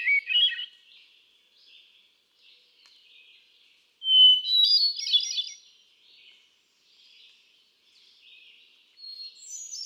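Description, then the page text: Hermit thrush song: the end of one loud phrase, quieter notes, then a loud phrase opening on a clear whistled note into a fluty flourish, more quiet notes, and a higher phrase beginning at the end. One male cycling through a repertoire of about ten different songs; recorded 13 June 2006 at Quabbin Park, Ware, Massachusetts. "Birdsong for the Curious Naturalist. Hermit thrush"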